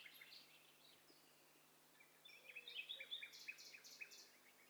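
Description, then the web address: Several birds calling together: faint high chirps and short whistled notes overlap, with a brief burst of clicky, repeated notes near the end over steady background hiss. Several birds calling at once. "Hi Fi STEREO BIRD COCKTAIL PARTY Challenge"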